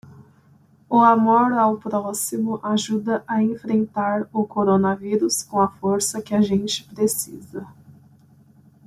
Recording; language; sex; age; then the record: spoken sentence; Brazilian Portuguese; female; 20 to 29 years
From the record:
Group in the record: control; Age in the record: 23 years